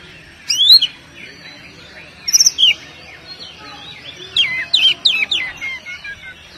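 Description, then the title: Oriental magpie-robin song of sharp rising whistles and a quick descending series of slurred notes, with short gaps between phrases. "Kacer"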